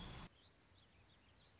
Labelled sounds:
Warbling Vireo (Vireo gilvus)
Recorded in Sonoma County, California

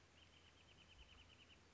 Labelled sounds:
Wrentit (Chamaea fasciata)
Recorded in Sonoma County, California

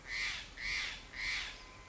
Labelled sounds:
Steller's Jay (Cyanocitta stelleri)
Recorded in Sonoma County, California

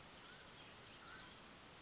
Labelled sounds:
Mountain Quail (Oreortyx pictus)
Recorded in Sonoma County, California

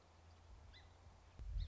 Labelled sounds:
Song Sparrow (Melospiza melodia)
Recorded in Sonoma County, California

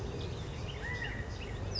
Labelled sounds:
California Quail (Callipepla californica)
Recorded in Sonoma County, California

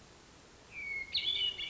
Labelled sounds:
Hermit Thrush (Catharus guttatus)
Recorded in Sonoma County, California

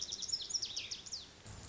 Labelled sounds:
Lazuli Bunting (Passerina amoena)
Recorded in Sonoma County, California

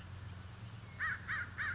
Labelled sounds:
American Crow (Corvus brachyrhynchos)
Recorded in Sonoma County, California

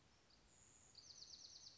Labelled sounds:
Bewick's Wren (Thryomanes bewickii)
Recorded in Sonoma County, California

